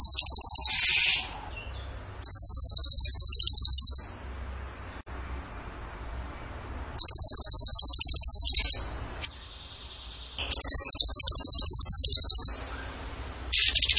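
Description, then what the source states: Bird song of shrill, machine-gun-like trills up to about two seconds long, repeated in bursts with quieter pauses between them. Masteran (training recording for songbirds), in the tembakan gacor song style.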